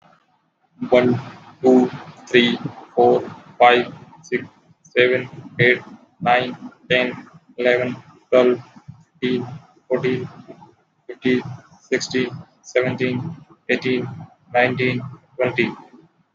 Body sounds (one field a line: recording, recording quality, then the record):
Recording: counting at a normal pace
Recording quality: moderate, slight background noise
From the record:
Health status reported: healthy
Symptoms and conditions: none ticked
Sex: male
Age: 19 years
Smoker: not ticked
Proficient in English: yes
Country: India